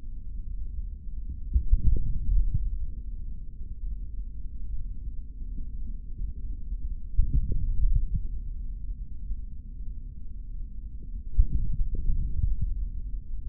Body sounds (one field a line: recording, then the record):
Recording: forearm muscle sounds (acoustic myography)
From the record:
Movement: hand closing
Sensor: system 3, bracelet of six PUI Audio POM-2738L microphones around the upper forearm, with dedicated amplification and filtering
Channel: 2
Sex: male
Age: 26 years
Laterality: right